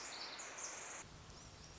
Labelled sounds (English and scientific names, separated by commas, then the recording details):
Pacific Wren (Troglodytes pacificus)
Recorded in Sonoma County, California